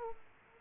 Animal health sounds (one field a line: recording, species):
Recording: mosquito wingbeat signal from an infrared sensor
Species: Aedes aegypti